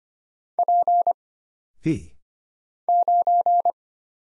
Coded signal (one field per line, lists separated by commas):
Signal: Morse code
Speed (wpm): 25 wpm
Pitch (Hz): 700 Hz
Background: none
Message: P 9